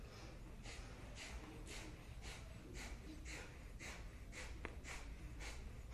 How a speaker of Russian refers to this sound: И начинаем капалабхати. 5 минут дышим.